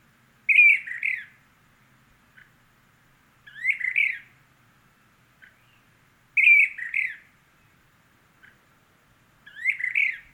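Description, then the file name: Brown-crested flycatcher calling repeatedly, each a raspy, rolling two-part phrase, spaced about three seconds apart, with brief quiet clicks between. Subspecies magister. "Brown crested Flycatcher Myiarchus tyrannulus magister Olmstead"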